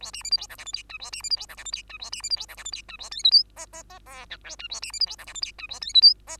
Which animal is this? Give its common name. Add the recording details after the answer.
Bengalese Finch. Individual Bird2